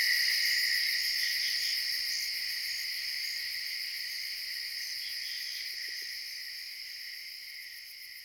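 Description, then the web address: Cicadas droning in a high, even buzz with a quick pulsing edge, gradually fading quieter toward the end. "Tom's Jerry Apps Winter. cicadas"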